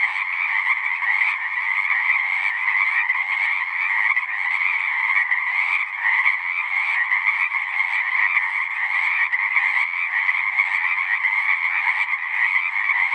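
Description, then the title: Pacific chorus frogs in a dense, continuous chorus: many overlapping raspy croaks merge into a steady, unbroken wall of sound with no pauses. Full chorus after dusk; males giving the advertisement call, a distinct kree-eeck or ribbit, to attract females. "Chorus Frogs, Full Chorus, post-dusk"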